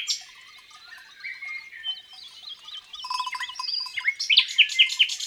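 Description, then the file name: Common nightingale song opening softly, then building into repeated looping notes and loud emphatic chips near the end. Recorded in the countryside. "Rossignol philomele Chants doiseaux dans la campagne"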